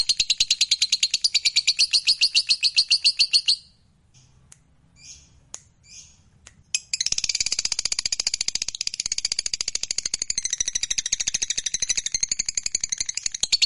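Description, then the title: Lovebird song: rapid shrill chirping, then a pause with a few scattered high notes, then a dense stream of piercing trills. Fighter-type lovebird, described as gacor, singing energetically. "Berkat SUARA Lovebird FIGHTER GACOR Ini"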